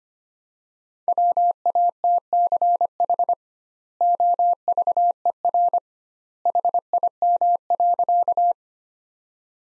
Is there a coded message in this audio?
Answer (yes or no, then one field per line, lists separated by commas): yes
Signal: Morse code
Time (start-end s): 1.1-8.5 s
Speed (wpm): 25 wpm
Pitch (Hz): 700 Hz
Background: none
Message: WATCH OVER HIM.